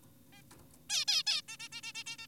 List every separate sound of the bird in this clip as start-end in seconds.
0.33-0.42, 0.90-1.05, 1.08-1.23, 1.27-1.42, 1.48-1.57, 1.60-1.68, 1.72-1.81, 1.83-1.93, 1.95-2.04, 2.06-2.17, 2.19-2.27